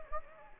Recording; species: mosquito wingbeat signal from an infrared sensor; Anopheles gambiae